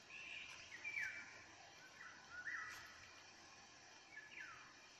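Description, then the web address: Eurasian jay song: a series of slurred, falling phrases with a few clicks, spaced unevenly throughout, over a light hiss. "geai chant"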